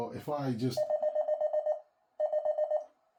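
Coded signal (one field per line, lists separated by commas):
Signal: none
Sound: radio tune mode beeps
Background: speech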